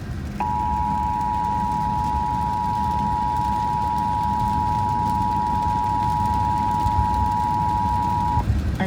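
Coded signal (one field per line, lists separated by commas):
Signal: Emergency Alert System (SAME) tones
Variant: 853 and 960 Hz attention tone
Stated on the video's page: Severe Thunderstorm Warning relayed on radio station WBKR, heard in a car.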